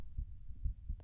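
An adult's normal heartbeat heard close to the chest, as if lying with an ear on it.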